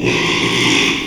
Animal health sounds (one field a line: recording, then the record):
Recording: squeal of a Yucatan mini pig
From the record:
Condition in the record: after surgery on the right vocal fold (resection and tissue-engineered implant)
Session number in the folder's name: 1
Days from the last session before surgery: 6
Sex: male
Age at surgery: 12 weeks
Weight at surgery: 13 kg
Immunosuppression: cyclosporine, prednisolone